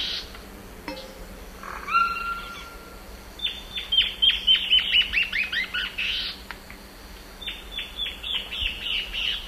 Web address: Natures Songs S America Eastern Lowlands. Hypocnemis peruvianus, duet